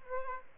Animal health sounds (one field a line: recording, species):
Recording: mosquito wingbeat signal from an infrared sensor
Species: Aedes albopictus